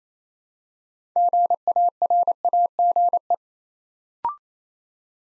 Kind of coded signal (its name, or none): Morse code